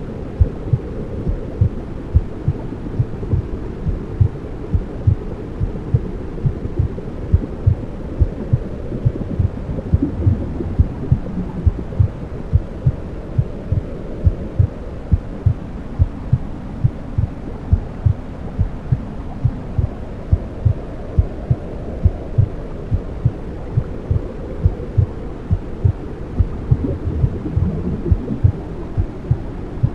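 Womb sounds: a muffled, low whooshing rumble with a steady, rhythmic thudding heartbeat throughout, meant to help a baby sleep.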